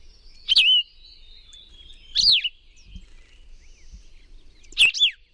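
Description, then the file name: Plumbeous vireo singing three short, husky, slurred phrases, each followed by a clear pause. "PLVI song"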